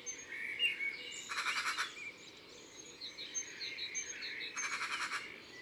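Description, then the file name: Eurasian magpie dry rattling chatter, two brief bursts several seconds apart, with thin whistles and chirps from other birds throughout. "Pie bavarde ABC des chants doiseaux"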